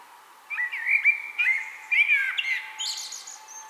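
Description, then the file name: Common blackbird song phrase: smooth, mellow whistled notes sliding up and down, closing with a brief, thin, high twitter. "Turdus merula"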